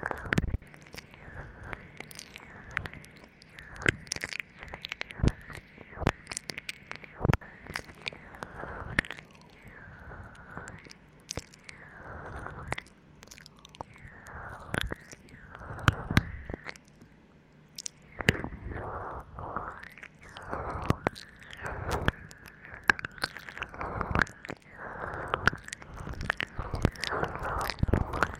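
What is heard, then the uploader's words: Wet ear licking fills the clip with repeated slurping and smacking strokes, each a short sweep that rises and falls, coming roughly every second. Sharp clicks and crackles punctuate it throughout, with a brief quieter pause around sixteen to eighteen seconds. 3DIO舔耳 | 耳舐 | Ear Licking | NO Talking.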